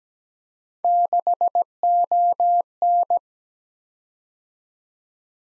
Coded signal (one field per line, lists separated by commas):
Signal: Morse code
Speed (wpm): 17 wpm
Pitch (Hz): 700 Hz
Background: none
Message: 6ON